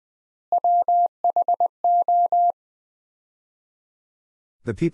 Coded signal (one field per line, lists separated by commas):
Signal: Morse code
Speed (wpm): 21 wpm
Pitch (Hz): 700 Hz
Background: none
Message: WHO